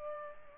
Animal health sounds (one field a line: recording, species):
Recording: mosquito wingbeat signal from an infrared sensor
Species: Culex pipiens